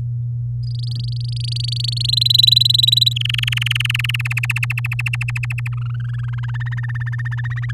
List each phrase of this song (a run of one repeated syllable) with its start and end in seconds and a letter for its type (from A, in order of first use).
0.63-2.11 A, 2.13-3.13 B, 3.16-4.16 C, 4.19-5.68 D, 5.72-6.25 E, 6.28-7.71 F